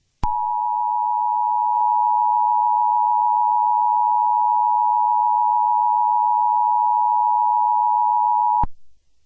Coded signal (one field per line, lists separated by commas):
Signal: Emergency Alert System (SAME) tones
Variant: 853 and 960 Hz attention tone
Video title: EAS MOCK: Double test error